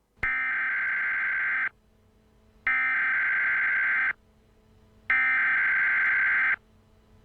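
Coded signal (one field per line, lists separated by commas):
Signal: Emergency Alert System (SAME) tones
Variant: header bursts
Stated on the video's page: Reaction to a fictional EAS scenario.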